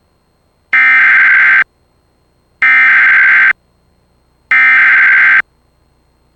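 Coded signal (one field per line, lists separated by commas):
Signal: Emergency Alert System (SAME) tones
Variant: header bursts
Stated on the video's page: Flood warning captured on TV.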